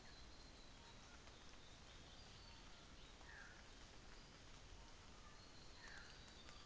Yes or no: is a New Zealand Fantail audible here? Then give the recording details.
no. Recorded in New Zealand on 24 December 2018. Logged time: 09:00